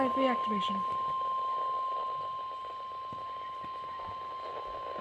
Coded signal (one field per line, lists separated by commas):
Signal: Emergency Alert System (SAME) tones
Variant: 1050 Hz attention tone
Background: speech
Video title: More Snow Squalls! EAS Alerts from 2/17/24 (EAS 1133-1145)